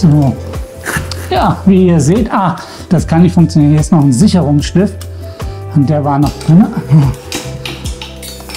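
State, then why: Seated. Someone talks over music while the folding frame hinge of a Vello Bike+ folding bicycle is pushed closed after a securing pin that was blocking the hinge has been removed. Metallic clicks sound at 7.3 s and 7.7 s as the hinge latch snaps home and is properly engaged.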